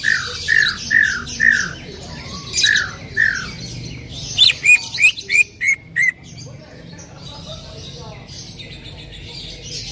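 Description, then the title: Greater green leafbird giving a string of downslurred whistled notes, then several sharp clipped chirps in quick succession, followed by quiet. Female calling to a male, described as calling very actively and continuously. "CUCAK IJO BETINA GACOR HIPER MEMANGGIL JANTAN"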